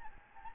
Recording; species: mosquito wingbeat signal from an infrared sensor; Anopheles gambiae